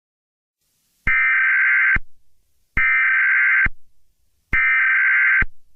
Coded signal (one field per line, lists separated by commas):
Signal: Emergency Alert System (SAME) tones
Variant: header bursts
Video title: EAS Scenario #8: Cartoon Cat Murdering Rampage.